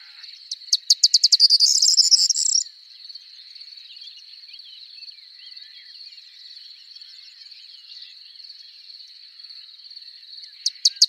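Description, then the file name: Corn bunting song: a short burst of accelerating ticks that runs into a dry jangling jingle, over a steady high buzzing hum that continues long after, with a few more ticks at the end. "Bruant proyer"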